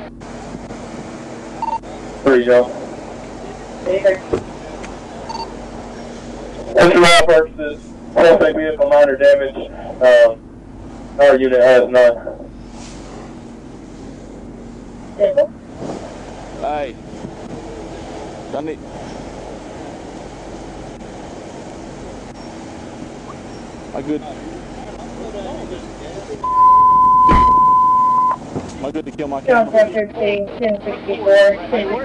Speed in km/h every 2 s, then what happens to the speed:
0, 0, 0, 0, 0, 0, 0, 0, 0, 0, 0, 0, 0, 0, 0, 0.
0-32 standing.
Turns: none.